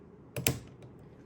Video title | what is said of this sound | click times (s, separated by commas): How to Write Inside Cards with Cricut! | and then stick the pen in and then i'm gonna push it down until we hear the click | 0.5 s